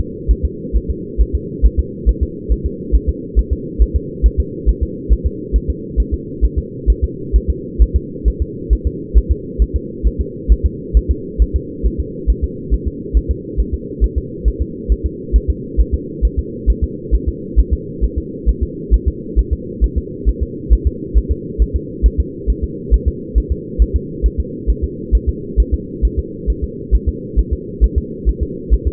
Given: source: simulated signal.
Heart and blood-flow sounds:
fetal heart sounds
0.31 s: S1
0.45 s: S2
0.77 s: S1
0.90 s: S2
1.21 s: S1
1.35 s: S2
1.66 s: S1
1.79 s: S2
2.09 s: S1
2.23 s: S2
2.52 s: S1
2.66 s: S2
2.95 s: S1
3.09 s: S2
3.39 s: S1
3.53 s: S2
3.82 s: S1
3.96 s: S2
4.26 s: S1
4.40 s: S2
4.69 s: S1
4.83 s: S2
5.13 s: S1
5.27 s: S2
5.56 s: S1
5.70 s: S2
6.00 s: S1
6.14 s: S2
6.45 s: S1
6.59 s: S2
6.90 s: S1
7.04 s: S2
7.36 s: S1
7.50 s: S2
7.82 s: S1
7.96 s: S2
8.28 s: S1
8.42 s: S2
8.73 s: S1
8.87 s: S2
9.18 s: S1
9.31 s: S2
9.62 s: S1
9.76 s: S2
10.07 s: S1
10.21 s: S2
10.52 s: S1
10.66 s: S2
10.97 s: S1
11.11 s: S2
11.42 s: S1
11.56 s: S2
11.86 s: S1
12.00 s: S2
12.30 s: S1
12.44 s: S2
12.74 s: S1
12.88 s: S2
13.17 s: S1
13.31 s: S2
13.60 s: S1
13.74 s: S2
14.04 s: S1
14.18 s: S2
14.48 s: S1
14.62 s: S2
14.92 s: S1
15.06 s: S2
15.36 s: S1
15.50 s: S2
15.81 s: S1
15.94 s: S2
16.25 s: S1
16.39 s: S2
16.70 s: S1
16.84 s: S2
17.15 s: S1
17.28 s: S2
17.59 s: S1
17.73 s: S2
18.04 s: S1
18.18 s: S2
18.49 s: S1
18.63 s: S2
18.94 s: S1
19.08 s: S2
19.39 s: S1
19.53 s: S2
19.84 s: S1
19.98 s: S2
20.29 s: S1
20.43 s: S2
20.73 s: S1
20.87 s: S2
21.18 s: S1
21.31 s: S2
21.62 s: S1
21.76 s: S2
22.06 s: S1
22.20 s: S2
22.50 s: S1
22.64 s: S2
22.94 s: S1
23.08 s: S2
23.38 s: S1
23.52 s: S2
23.82 s: S1
23.96 s: S2
24.26 s: S1
24.40 s: S2
24.70 s: S1
24.84 s: S2
25.15 s: S1
25.29 s: S2
25.60 s: S1
25.74 s: S2
26.05 s: S1
26.19 s: S2
26.50 s: S1
26.64 s: S2
26.95 s: S1
27.09 s: S2
27.39 s: S1
27.53 s: S2
27.84 s: S1
27.98 s: S2
28.29 s: S1
28.43 s: S2
28.73 s: S1
28.87 s: S2
From the record:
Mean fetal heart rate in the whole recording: 135 bpm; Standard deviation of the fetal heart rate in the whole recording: 3 bpm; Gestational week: 34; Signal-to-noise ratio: -4.1 dB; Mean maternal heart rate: no maternal heart sound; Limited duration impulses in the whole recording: absent

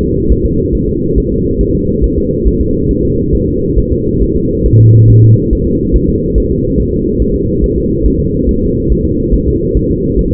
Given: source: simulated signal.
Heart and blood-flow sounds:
fetal heart sounds
0.03 s: S2
0.32 s: S1
0.46 s: S2
0.75 s: S1
0.89 s: S2
1.18 s: S1
1.32 s: S2
1.61 s: S1
1.75 s: S2
2.04 s: S1
2.18 s: S2
2.48 s: S1
2.61 s: S2
2.91 s: S1
3.05 s: S2
3.35 s: S1
3.48 s: S2
3.78 s: S1
3.92 s: S2
4.23 s: S1
4.36 s: S2
4.66 s: S1
4.80 s: S2
5.10 s: S1
5.24 s: S2
5.53 s: S1
5.67 s: S2
5.96 s: S1
6.09 s: S2
6.38 s: S1
6.52 s: S2
6.80 s: S1
6.94 s: S2
7.22 s: S1
7.36 s: S2
7.64 s: S1
7.78 s: S2
8.06 s: S1
8.20 s: S2
8.49 s: S1
8.63 s: S2
8.92 s: S1
9.06 s: S2
9.34 s: S1
9.48 s: S2
9.77 s: S1
9.91 s: S2
10.19 s: S1
10.33 s: S2
From the record:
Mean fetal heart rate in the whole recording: 140 bpm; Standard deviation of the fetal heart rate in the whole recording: 2 bpm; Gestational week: 34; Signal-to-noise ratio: -10.2 dB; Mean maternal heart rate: 72 bpm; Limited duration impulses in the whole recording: present

